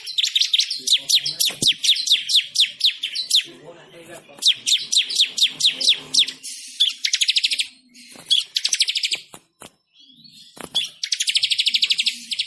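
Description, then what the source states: Bird song of dense, fast chirp series, high and bright, running almost without a break before a short silence and a final buzzy trill. Bird with a melodious voice.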